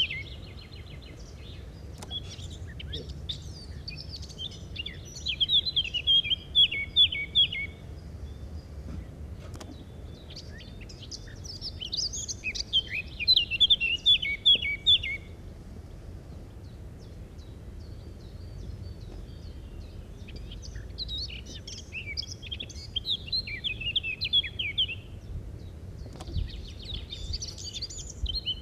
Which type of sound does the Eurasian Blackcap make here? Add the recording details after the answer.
song. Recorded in the wild. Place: Montreux, Kanton Waadt, CH. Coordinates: 46.4325, 6.93694. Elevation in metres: 1049. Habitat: mountains. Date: 1986-05-20. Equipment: Uher 4000 Report, Sennheiser MKH 815 T. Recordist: Tretzel, Erwin